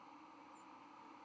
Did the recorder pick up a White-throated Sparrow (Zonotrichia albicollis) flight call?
yes